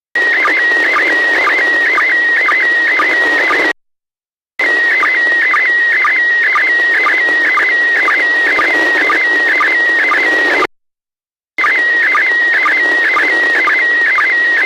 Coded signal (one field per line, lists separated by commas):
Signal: SSTV (slow-scan television)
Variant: PD 120